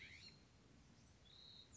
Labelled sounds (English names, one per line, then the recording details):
California Scrub-Jay
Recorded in Sonoma County, California